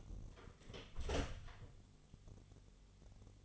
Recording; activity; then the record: daily activity, microphone in the room; close door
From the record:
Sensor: 4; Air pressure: 1016.1 hPa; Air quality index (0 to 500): 210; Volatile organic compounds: 13 ppm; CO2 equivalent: 2394 ppm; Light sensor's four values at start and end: 9/20/8/7 and 9/20/8/7